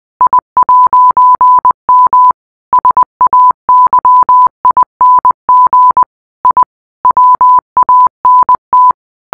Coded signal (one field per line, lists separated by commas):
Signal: Morse code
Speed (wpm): 20 wpm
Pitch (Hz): 1000 Hz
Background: none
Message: I'M SAYING I WANT